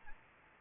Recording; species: mosquito wingbeat signal from an infrared sensor; Aedes albopictus